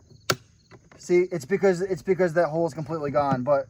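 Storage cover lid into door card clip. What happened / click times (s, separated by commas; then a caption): The plastic cover snapped up into its held position / 0.3 s. On a 1997–2004 Porsche 996 911 / 986 Boxster, the plastic door-card storage cover, whose spring hole has been re-drilled, is lifted into its door-card clip. It snaps up into place with a sharp click at 0.3 s and stays held up. Someone then talks.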